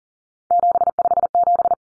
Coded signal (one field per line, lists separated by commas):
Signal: Morse code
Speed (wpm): 40 wpm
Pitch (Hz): 700 Hz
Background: none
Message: 757